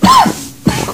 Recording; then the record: coughing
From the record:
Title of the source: Spring Allergy Coughing